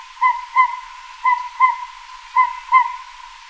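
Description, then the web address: Northern pygmy owl call: six hollow toots in three evenly spaced pairs. "Songs of Birds of North America Stokes. Northern Pygmy-Owl"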